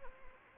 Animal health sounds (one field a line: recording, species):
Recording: mosquito wingbeat signal from an infrared sensor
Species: Anopheles arabiensis